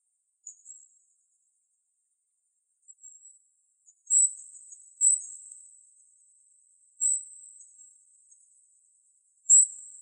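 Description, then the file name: Golden-crowned kinglet calls: very high, thin notes in short bursts, at first faint and scattered, then louder at irregular intervals, with nothing else audible. Calls recorded on 17 June 2004. "GCKI CALLS deviche"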